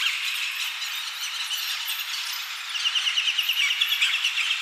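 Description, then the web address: European birds in a dense chorus: many overlapping high chirps and twitters form a steady wash, with a run of quick repeated notes near the end. Heavy ambience of close and distant European birds. "Hollywood Edge sound designer's toolkit v 2. Bird Ambience 1-Heavy Close And Distant European Birds"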